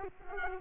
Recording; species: mosquito wingbeat signal from an infrared sensor; Culex quinquefasciatus